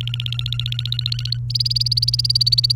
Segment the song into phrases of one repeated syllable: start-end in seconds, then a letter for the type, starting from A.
0.00-1.37 A, 1.50-2.72 B